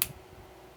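A plastic combining piece of a transforming robot toy is plugged into the figure's body and snaps into place with a single sharp, tick-like click at 0.0 s. The brief snap is followed by quiet room tone with a faint low hum for the rest of the clip. The part is seated.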